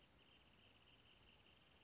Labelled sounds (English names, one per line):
Wrentit